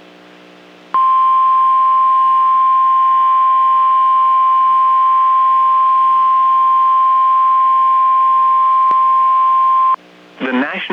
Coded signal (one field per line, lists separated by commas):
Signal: Emergency Alert System (SAME) tones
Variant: 1050 Hz attention tone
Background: speech